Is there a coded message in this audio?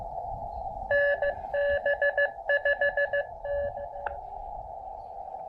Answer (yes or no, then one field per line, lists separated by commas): yes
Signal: Morse code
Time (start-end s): 0.9-3.7 s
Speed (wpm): 16 wpm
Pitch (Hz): 600 Hz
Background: radio noise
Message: NB5T